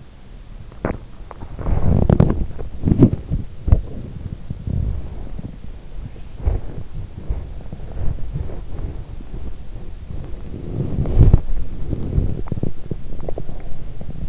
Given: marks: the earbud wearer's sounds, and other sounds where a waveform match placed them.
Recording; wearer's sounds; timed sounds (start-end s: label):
sounds in sleep by an in-ear microphone; body movement
0.71-14.28 s: body movement